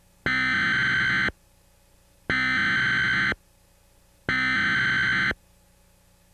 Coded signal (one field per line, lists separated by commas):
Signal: Emergency Alert System (SAME) tones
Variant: header bursts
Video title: EAS Scenario #4 - Shattered Peace (Kaiserreich)